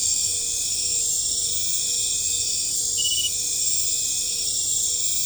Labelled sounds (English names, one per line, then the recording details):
none
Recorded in pastures near Puerto Asís, Putumayo, Colombia, on 20 December 2024 at 21:00
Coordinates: 0.496, -76.326
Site G004